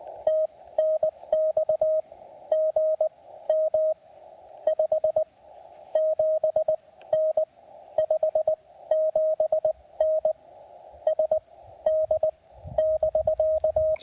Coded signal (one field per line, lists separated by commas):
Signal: Morse code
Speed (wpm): 18 wpm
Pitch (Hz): 590 Hz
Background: radio noise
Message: TNX GM 57N 57N SD <BK>